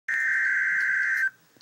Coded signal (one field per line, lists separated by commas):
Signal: Emergency Alert System (SAME) tones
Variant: header bursts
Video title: REAL EAS 598-Severe thunderstorm warning